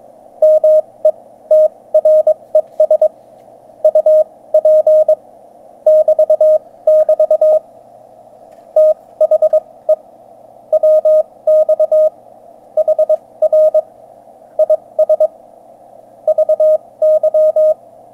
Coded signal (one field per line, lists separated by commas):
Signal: Morse code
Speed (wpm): 22 wpm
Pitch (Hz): 620 Hz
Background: none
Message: METRES UP <BT><BT> THE WX HR IS VY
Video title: 17M QSO G4ISJ - OH7LRJ